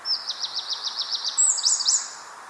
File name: Troglodytes troglodytes